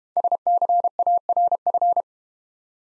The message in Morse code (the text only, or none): SCARF